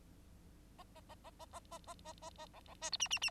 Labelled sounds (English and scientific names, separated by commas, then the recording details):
Bengalese Finch (Lonchura striata domestica) song
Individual Bird9